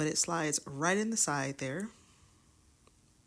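A memory card is slid into the side slot of the plastic expansion handle on the bottom of a DJI Osmo Pocket 3 gimbal camera while someone talks for about the first two seconds. After that, only a faint low hiss remains, with one tiny tick at 2.9 s. The card has not snapped into place yet, and nothing has seated.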